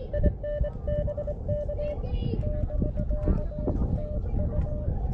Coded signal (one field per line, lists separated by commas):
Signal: Morse code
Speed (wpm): 20 wpm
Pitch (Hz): 600 Hz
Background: speech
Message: IN BK <BK> TU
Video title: Stone Mountain Georgia #SOTA & #POTA w/ Elecraft KX2 and MFJ-1898 #hamRadio #CW #SSB